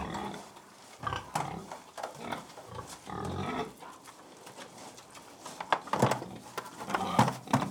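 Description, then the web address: Pig munching in uneven bursts, then a few short, throaty grunts near the end amid the chomping and snuffling. Domestic pig feeding, recorded at close perspective. "BBC Sound Effects Library Livestock Close Perspective Of Pig Feeding"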